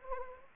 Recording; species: mosquito wingbeat signal from an infrared sensor; Anopheles arabiensis